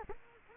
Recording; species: mosquito wingbeat signal from an infrared sensor; Culex quinquefasciatus